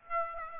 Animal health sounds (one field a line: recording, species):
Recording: mosquito wingbeat signal from an infrared sensor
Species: Aedes aegypti